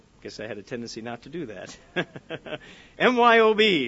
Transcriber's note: laughing